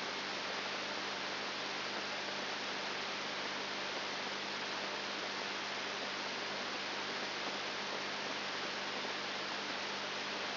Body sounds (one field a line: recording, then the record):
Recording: brain microelectrode recording played as sound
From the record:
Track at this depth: outside the subthalamic nucleus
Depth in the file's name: 7.999 mm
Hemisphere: left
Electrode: 3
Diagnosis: Parkinson's disease